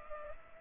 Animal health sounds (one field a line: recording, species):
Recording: mosquito wingbeat signal from an infrared sensor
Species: Culex pipiens